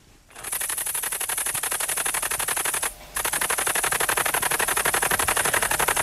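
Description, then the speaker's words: Great green bush-cricket stridulating: a fast, continuous, dry rattling like a rapid typewriter, broken by one short pause near the middle. Stridulation, made by rubbing hind legs against wings or wings together, used for communication; likened to a fast typewriter. "rasante Schreibmaschine, ist aber eine große grüne Laubheuschrecke."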